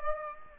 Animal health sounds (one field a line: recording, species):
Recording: mosquito wingbeat signal from an infrared sensor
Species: Aedes aegypti